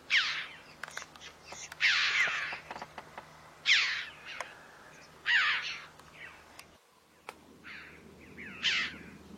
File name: Canto do gralha de bico vermelho